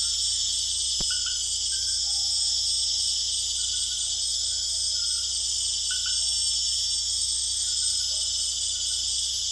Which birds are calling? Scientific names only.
Megascops choliba